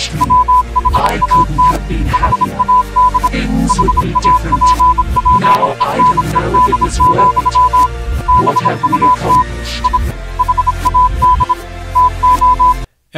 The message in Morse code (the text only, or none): WHAT HAD HAPPENED, BUT I HAD TO